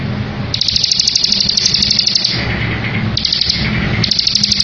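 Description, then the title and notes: Bar-winged prinia singing quick, high, chattering trills in three bursts, with a steady low hum underneath. Ngebren song of the bar-winged prinia, used as a tutor for training white-rumped shamas. "Ciblek Ngebren Untuk Masteran Murai Batu. Suara burung ciblek - Suara Nada"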